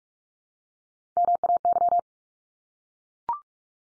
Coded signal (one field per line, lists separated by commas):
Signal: Morse code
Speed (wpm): 46 wpm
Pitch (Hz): 700 Hz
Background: none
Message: MAY